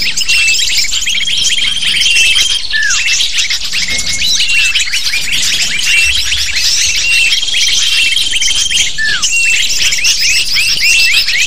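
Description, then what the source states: Lovebirds give nonstop high squeaky chirps in a busy overlapping chorus, with a few sustained flat whistles and some downward-sliding notes. Sound used to lure lovebirds.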